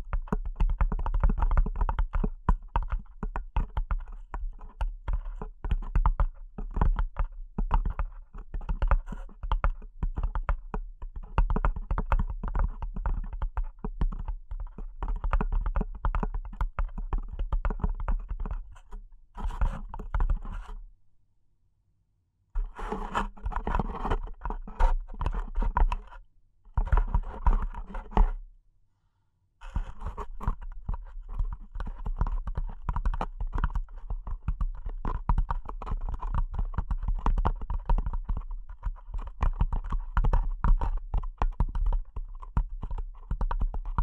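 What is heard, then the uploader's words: Delicate tapping runs almost without pause, a dense, quick patter of light clicks much like fingers on a keyboard, with a soft low thump under each stroke. The rhythm stops briefly three times, near 21, 26 and 29 seconds, then resumes unchanged. ASMR Delicate Tapping (No Talking).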